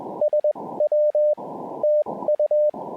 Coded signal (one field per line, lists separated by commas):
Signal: Morse code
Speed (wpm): 19 wpm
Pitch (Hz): 590 Hz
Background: none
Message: SW TU